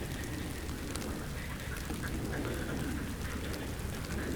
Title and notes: RRCH+PF Chindrieux, France - grenouilles. Le passage d'un hélicoptère réveille les grenouilles